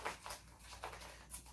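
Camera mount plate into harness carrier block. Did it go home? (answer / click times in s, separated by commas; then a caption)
yes / 0.8 s. A camera with its mount plate attached is pushed into the carrier block of a Nicama chest-harness camera carrier, and a short, sharp click at 0.8 s marks it locking into place after a softer rustle around 0.3 s. Once seated, it cannot lift out until it is rotated 90 degrees.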